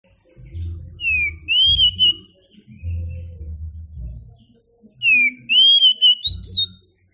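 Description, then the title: Oriental magpie-robin singing loud whistled phrases that drop then rise into wavering high notes, given twice, over a background of low rumbling thuds. Champion singing bird. "Kicau Burung Kacer Juara"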